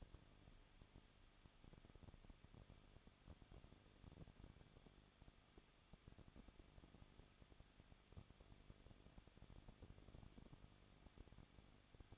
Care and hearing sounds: daily activity, microphone in the room; no activity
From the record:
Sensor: 4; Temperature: 23.1 degrees Celsius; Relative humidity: 34.3%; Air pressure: 1007.2 hPa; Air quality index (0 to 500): 213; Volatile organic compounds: 14 ppm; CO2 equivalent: 2461 ppm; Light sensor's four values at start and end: 2/3/1/1 and 2/3/1/1

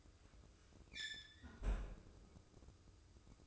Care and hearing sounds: daily activity, microphone in the room; close fridge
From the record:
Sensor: 2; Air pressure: 995.0 hPa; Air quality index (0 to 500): 65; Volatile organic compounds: 2 ppm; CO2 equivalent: 1116 ppm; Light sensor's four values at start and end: 18/57/22/22 and 18/57/22/22

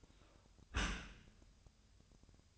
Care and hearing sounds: daily activity, microphone in the room; close dishwasher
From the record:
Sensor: 2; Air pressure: 1004.5 hPa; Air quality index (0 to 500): 117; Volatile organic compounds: 3 ppm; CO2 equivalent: 1419 ppm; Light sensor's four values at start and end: 6/15/6/6 and 6/15/6/6

